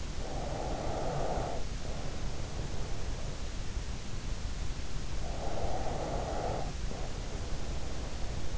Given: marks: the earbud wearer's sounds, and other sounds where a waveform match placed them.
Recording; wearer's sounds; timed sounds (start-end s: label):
sounds in sleep by an in-ear microphone; breath
0.20-3.19 s: breath
5.26-8.58 s: breath